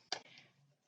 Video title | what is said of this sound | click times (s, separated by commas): STEAMING Off My Gel Polish?!?! | the lid and lock into place then | 0.1 s